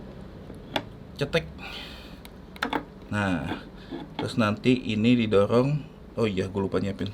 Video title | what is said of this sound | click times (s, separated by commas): #RRD REFERENSI RACUN DUNIAWI : RAKIT PC KECIL DAN PORTABLE TAPI NGACIR #MENDINGRAKITPC | Hai Angle gitu masukinnya Sampai bunyi cetek | 0.8 s